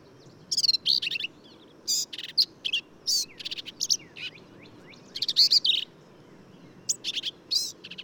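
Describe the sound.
Black-capped vireo: busy, varied song of sharp squeaks and buzzy notes, phrases following closely with only short breaks, over a low steady hiss.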